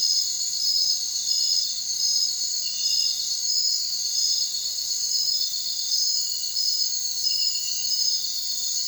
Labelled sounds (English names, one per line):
none